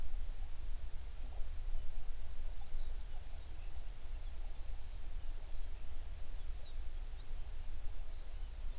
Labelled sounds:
songbird
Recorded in the Prudhoe Bay oil fields, Alaska, on 11 June 2019 at 04:54
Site 21

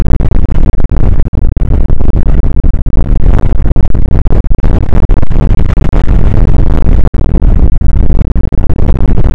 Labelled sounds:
wind
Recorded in the Prudhoe Bay oil fields, Alaska, on 29 May 2019 at 00:02
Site 25

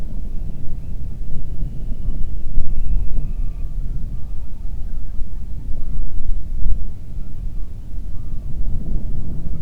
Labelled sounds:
bird
wind
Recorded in the Prudhoe Bay oil fields, Alaska, on 8 June 2019 at 04:47
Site 30

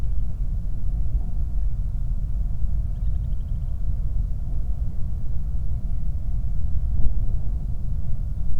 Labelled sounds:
bird
flare stack
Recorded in the Prudhoe Bay oil fields, Alaska, on 8 July 2019 at 00:01
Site 25

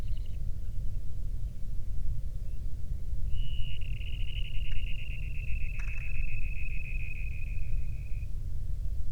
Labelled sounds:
songbird
grouse or ptarmigan
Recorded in the Prudhoe Bay oil fields, Alaska, on 13 June 2019 at 00:01
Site 24

